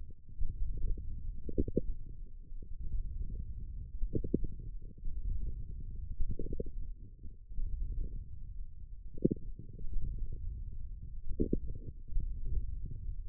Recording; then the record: forearm muscle sounds (acoustic myography)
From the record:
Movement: wrist flexion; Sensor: system 1, eight BSWA MPA416 microphones around the upper forearm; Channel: 3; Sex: male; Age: 18 years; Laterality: right